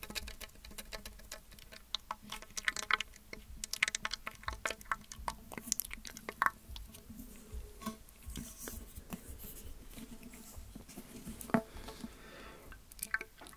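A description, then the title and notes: Mouth sounds: a dense run of wet clicks, pops and smacks, fast and irregular, some sharp and bright with softer patter between. The busiest stretch comes in the first seven seconds, thinning a little later, with a low steady hum underneath throughout. ASMR Rare Mouth Sounds.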